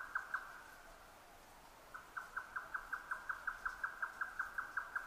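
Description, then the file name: Grey nightjar song: a couple of knocks, a pause, then a long, even series of rapid tapping notes. Recorded 12 June 2009 at 22:41. "yotaka-20090612-2241"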